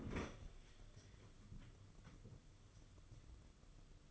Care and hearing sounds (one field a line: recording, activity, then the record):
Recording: daily activity, microphone in the room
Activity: open fridge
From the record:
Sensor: 4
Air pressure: 995.3 hPa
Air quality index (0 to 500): 212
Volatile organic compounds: 231 ppm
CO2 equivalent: 4310 ppm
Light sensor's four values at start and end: 34/106/40/44 and 32/102/38/42